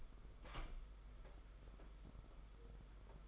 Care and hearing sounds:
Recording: daily activity, microphone in the room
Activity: open door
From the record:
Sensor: 5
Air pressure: 991.8 hPa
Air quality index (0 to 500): 134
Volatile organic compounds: 83 ppm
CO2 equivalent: 3630 ppm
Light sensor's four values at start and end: 33/110/41/44 and 33/110/41/44

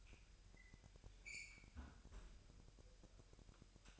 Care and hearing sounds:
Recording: daily activity, microphone in the room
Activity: close fridge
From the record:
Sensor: 2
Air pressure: 1001.8 hPa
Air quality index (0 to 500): 249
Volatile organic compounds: 39 ppm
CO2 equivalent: 3133 ppm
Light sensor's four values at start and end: 8/28/11/10 and 8/28/11/10

